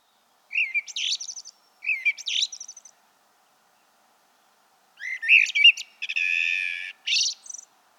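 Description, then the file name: Common blackbird song in three phrases: two short warbles with squeaky endings, then after a pause a longer, buzzier, twittering phrase. "Turdus merula"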